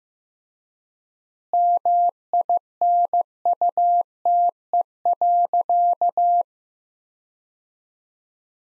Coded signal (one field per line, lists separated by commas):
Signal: Morse code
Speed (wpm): 15 wpm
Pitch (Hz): 700 Hz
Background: none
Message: MINUTE.